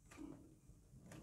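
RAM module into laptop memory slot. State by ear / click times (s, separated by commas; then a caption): not seated / none. A second DDR3 SO-DIMM RAM module is pushed into the memory socket of an HP EliteBook 2560p laptop. Two brief, faint scraping knocks are heard, around 0.1 s and 1.1 s. The module has not seated and nothing has clicked yet.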